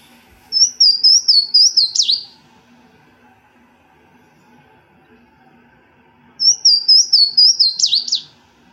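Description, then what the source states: Louisiana Waterthrush song, two bouts of high slurred whistles, each ending in a quick jumbled twitter, separated by about four seconds of quiet. Slurred whistles; Vermont, along running water such as mountain or foothill brooks; specialized habitat; often heard before seen.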